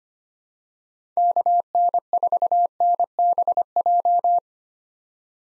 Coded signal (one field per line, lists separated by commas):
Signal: Morse code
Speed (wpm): 25 wpm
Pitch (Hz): 700 Hz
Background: none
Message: KN4NBJ